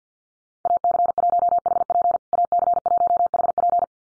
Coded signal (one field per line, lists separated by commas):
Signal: Morse code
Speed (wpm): 50 wpm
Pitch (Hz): 700 Hz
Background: none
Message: AC1HP AC1HP